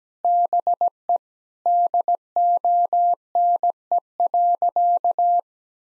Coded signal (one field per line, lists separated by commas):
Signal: Morse code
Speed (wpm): 17 wpm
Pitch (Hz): 700 Hz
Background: none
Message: BE DONE.